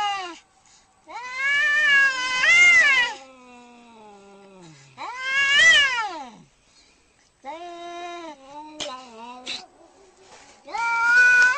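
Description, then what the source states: Domestic cat producing long, strained yowls that swell and slide downward, with a lower moaning growl trailing off between the louder cries. Angry cat.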